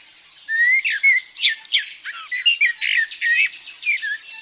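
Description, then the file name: Common blackbird giving a rapid, continuous run of short warbled and squeaky notes, busy and unbroken for several seconds after a quiet start. "Merel"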